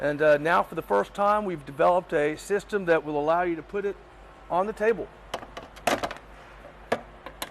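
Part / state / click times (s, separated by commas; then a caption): printing press pallet into table-mounted docking station / not seated / none. Someone talks for about the first five seconds, then a screen printing pallet with its paper-changing system is handled onto a docking station screwed to a table top. Sharp wooden knocks are heard at about 5.3, 5.9, 6.9 and 7.4 seconds as it is pushed toward the lock. Nothing has seated or locked yet when the clip ends.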